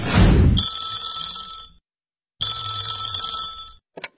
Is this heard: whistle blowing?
no